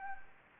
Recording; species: mosquito wingbeat signal from an infrared sensor; Anopheles gambiae